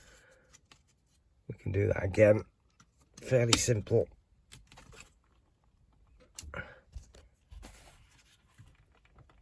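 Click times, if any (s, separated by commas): none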